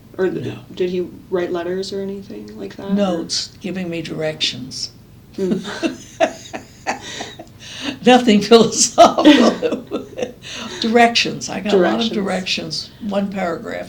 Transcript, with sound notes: Did he write letters or anything?
Notes. Giving me directions. [laughs] Nothing philosophical. [laughs] Directions. I got a lot of directions. One paragraph.